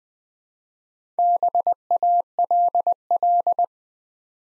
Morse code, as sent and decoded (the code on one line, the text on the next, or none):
-... .- .-.. .-..
BALL